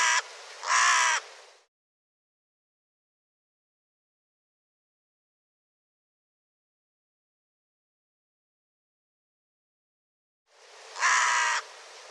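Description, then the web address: Bird calls, two harsh caws at the start, a long silence, then one more harsh caw near the end. "cianscape birddata Deverinetal 2025"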